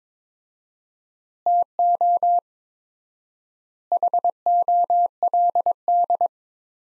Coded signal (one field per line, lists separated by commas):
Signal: Morse code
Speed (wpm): 22 wpm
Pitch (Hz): 700 Hz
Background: none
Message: TO HOLD